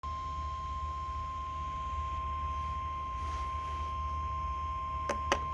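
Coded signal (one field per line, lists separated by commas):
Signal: Emergency Alert System (SAME) tones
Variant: 1050 Hz attention tone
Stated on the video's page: Flash Flood Warning received on weather radio.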